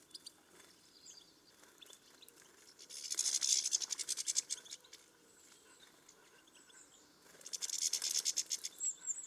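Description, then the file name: European goldfinch calls: two bursts of rapid, scratchy, high twittering notes, one around three to four seconds and another near the end, with faint clicks between. "Carduelis carduelis"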